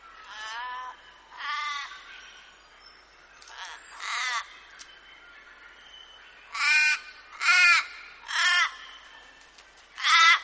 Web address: vaswhite. Raven